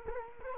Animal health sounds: mosquito wingbeat signal from an infrared sensor; Culex quinquefasciatus

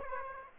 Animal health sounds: mosquito wingbeat signal from an infrared sensor; Aedes aegypti

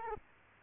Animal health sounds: mosquito wingbeat signal from an infrared sensor; Culex quinquefasciatus

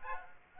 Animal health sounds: mosquito wingbeat signal from an infrared sensor; Aedes aegypti

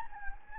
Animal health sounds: mosquito wingbeat signal from an infrared sensor; Anopheles gambiae

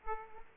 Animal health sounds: mosquito wingbeat signal from an infrared sensor; Aedes aegypti

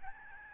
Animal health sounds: mosquito wingbeat signal from an infrared sensor; Aedes albopictus

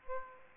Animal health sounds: mosquito wingbeat signal from an infrared sensor; Aedes aegypti

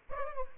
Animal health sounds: mosquito wingbeat signal from an infrared sensor; Aedes albopictus

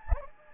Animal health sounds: mosquito wingbeat signal from an infrared sensor; Anopheles gambiae

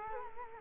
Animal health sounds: mosquito wingbeat signal from an infrared sensor; Culex quinquefasciatus

